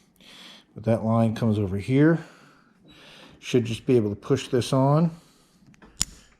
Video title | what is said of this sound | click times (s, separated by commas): 2009 hemi 1500 trx4 build part 7. Vapor Canister and Fuel Pump Replacement. | hear it click | 6.0 s